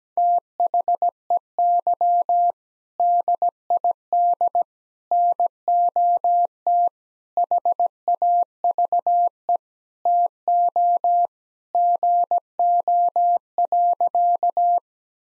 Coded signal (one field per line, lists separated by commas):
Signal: Morse code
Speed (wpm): 17 wpm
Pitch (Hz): 700 Hz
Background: none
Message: THEY DID NOT HAVE TO GO.